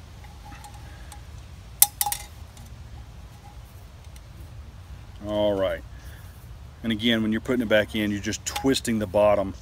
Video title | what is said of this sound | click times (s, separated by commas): Review of the UCO Candelier | to Snug it in there and you'll hear it click and feel it click as well | 1.8 s